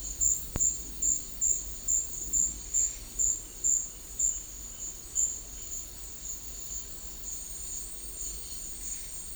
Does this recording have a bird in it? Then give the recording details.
no. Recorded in secondary vegetation near Puerto Asís, Putumayo, Colombia, on 4 March 2025 at 11:30. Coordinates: 0.499, -76.323. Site G094